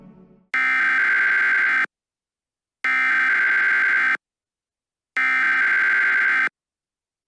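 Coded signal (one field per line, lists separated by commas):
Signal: Emergency Alert System (SAME) tones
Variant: header bursts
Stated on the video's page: Fictional EAS scenario.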